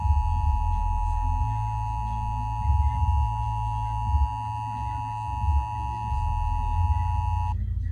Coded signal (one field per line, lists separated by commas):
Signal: Emergency Alert System (SAME) tones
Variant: 853 and 960 Hz attention tone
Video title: a emergency alert system in the usa